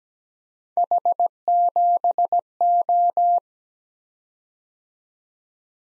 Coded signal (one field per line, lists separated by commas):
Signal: Morse code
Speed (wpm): 17 wpm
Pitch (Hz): 700 Hz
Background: none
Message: H7O